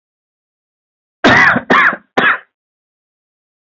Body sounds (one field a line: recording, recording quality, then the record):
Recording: heavy voluntary cough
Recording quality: excellent, no background noise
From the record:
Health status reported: healthy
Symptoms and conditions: none ticked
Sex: male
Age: 28 years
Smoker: yes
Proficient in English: yes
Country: India